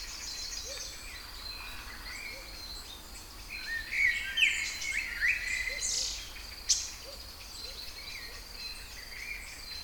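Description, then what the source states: Songbirds singing with varied whistled and chirping phrases, loudest in the middle, over a steady high hum. Kouri Forest, Thessaloniki (Salonika), Greece; recorded 22 05 12 at 18:35.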